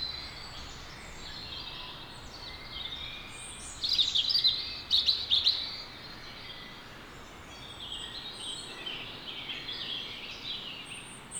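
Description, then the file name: European robin: songbird singing high, thin, jumbled twittering phrases with a brighter burst midway, over a soft background hiss. "Erithacus rubecula"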